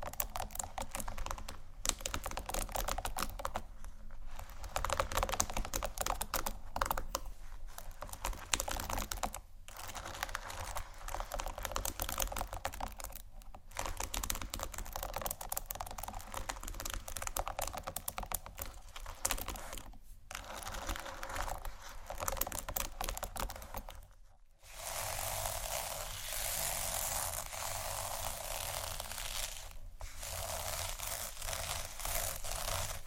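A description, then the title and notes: Dense scratching with rapid clicky taps, nearly continuous and bright, broken by brief pauses around 10, 13, 20 and 24 seconds. ASMR 31 Scratching Triggers For Your Tingles（No Talking）.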